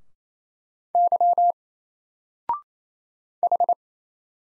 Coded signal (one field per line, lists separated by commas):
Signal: Morse code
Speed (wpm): 27 wpm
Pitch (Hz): 700 Hz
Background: none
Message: Y H